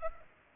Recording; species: mosquito wingbeat signal from an infrared sensor; Culex pipiens